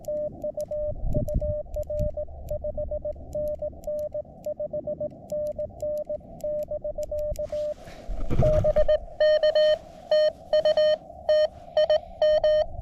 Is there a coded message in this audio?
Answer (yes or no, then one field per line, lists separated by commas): yes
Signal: Morse code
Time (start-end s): 0.1-12.6 s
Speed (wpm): 19 wpm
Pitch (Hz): 620 Hz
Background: radio noise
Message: TU UR 5NN 5NN <BK> BK TU TIM